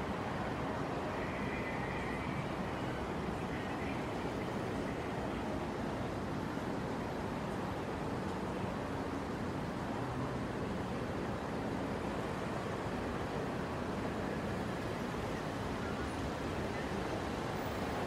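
On the Brooklyn Bridge, a dense, steady roar of traffic holds unbroken throughout, heavy in the low end with a faint higher hiss above.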